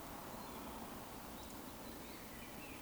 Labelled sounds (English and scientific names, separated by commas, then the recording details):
Eurasian Woodcock (Scolopax rusticola)
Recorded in Baden-Württemberg, Germany, on 16 June 2020 at 20:01 UTC
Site 14569, 102 m above sea level